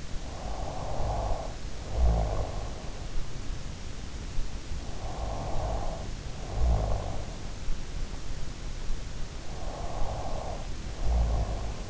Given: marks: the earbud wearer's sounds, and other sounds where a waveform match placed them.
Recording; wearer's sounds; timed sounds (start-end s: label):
sounds in sleep by an in-ear microphone; snoring breath, body movement
0.00-2.70 s: snoring breath
0.16-11.56 s: body movement
4.64-7.52 s: snoring breath
9.24-11.90 s: snoring breath